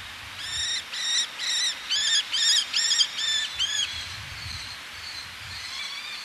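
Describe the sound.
Eleonora's falcon giving a loud run of several grating, arched notes in quick succession, then softer calls continuing.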